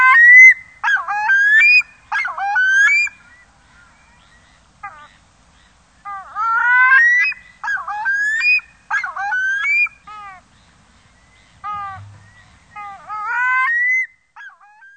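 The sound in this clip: Pacific loon giving repeated rising yelping calls in bursts of several notes, pausing a few seconds between phrases.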